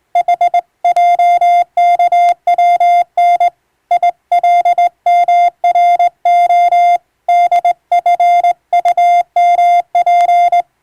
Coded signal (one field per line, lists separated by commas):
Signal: Morse code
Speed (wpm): 20 wpm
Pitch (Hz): 700 Hz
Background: none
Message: HJKWN ILMRO DFUMP